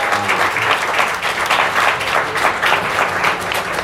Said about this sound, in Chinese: 给一点掌声给医生举一下，谢谢。